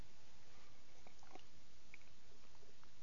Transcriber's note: long pause, she drinks